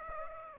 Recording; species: mosquito wingbeat signal from an infrared sensor; Aedes aegypti